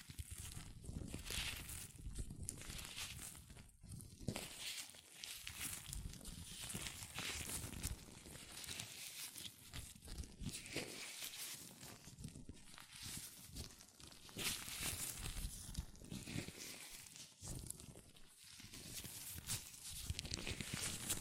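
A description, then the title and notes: Latex gloves rubbing, squeaking and crinkling against hands in a dense, continuous stream of small rustles. The sound stays busy and bright throughout, with brief quieter gaps near 4, 12.5 and 18 seconds before the handling resumes. ASMR Latex Gloves Hand Sounds (No Talking).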